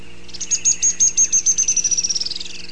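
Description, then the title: Grey-headed spinetail trill, a high series of thin notes that speed up and descend slightly before fading out, over faint low background hum. "LuckyPassaro Completos2Sama. Grey-headed Spinetail (Cranioleuca semicinerea)"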